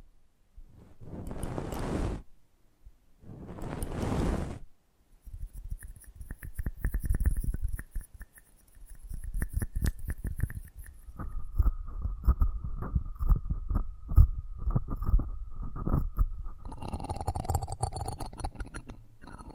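Microphone handling: two rough rubbing bursts, then quick clicks and soft thumps, with a thin steady tone entering midway and brightening near the end.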